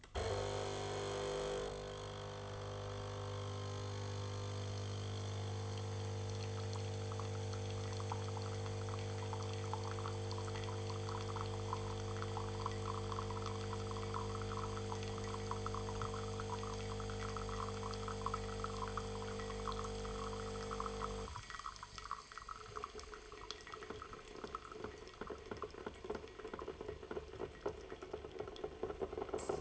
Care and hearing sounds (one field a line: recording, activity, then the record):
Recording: daily activity, microphone in the room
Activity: make coffee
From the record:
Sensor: 4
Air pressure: 1005.0 hPa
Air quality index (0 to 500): 184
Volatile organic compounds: 5 ppm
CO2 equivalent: 1809 ppm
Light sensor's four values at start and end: 19/65/24/23 and 20/67/25/24